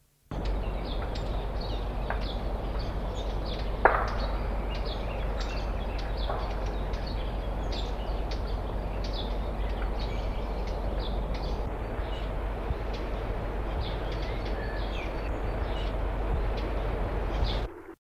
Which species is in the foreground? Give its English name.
Lesser Whitethroat